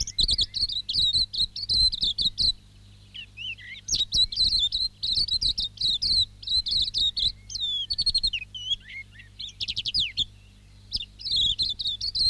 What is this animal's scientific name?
Zosterops lateralis